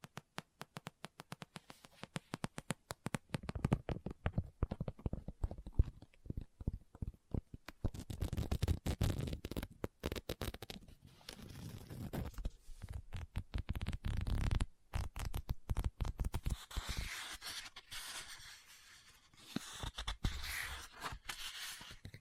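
Book tapping and scratching in quick irregular bursts, with soft low thumps early, then brighter rustling page-like scrapes after about fifteen seconds.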